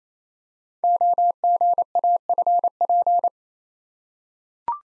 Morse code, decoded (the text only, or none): OGAFP